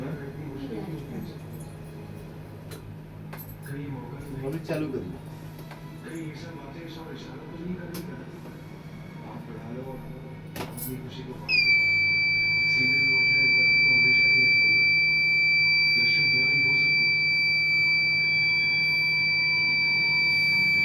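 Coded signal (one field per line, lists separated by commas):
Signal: alarm pattern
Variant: Kent RO water purifier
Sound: background chatter, then a continuous high-pitched electronic beep lasting about nine seconds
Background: room noise, voices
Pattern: 1 long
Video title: Kent RO beep sound problem #waterpurifier chowk reset #water #automobile #electronic #aquaguard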